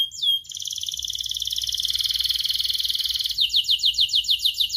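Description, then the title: Canary song: a short whistle, then a long fast rolling trill on one pitch, ending in a series of quick descending slurred notes. Canary singing persistently with a rich, varied song. "Kenari Gacor Cengkok Terbaik Isian Paling Mewah"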